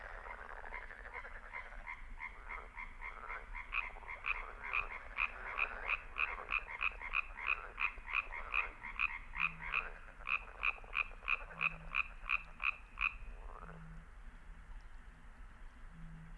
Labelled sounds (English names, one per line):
Common Tree Frog call